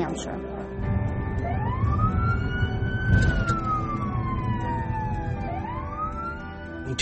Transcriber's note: siren wailing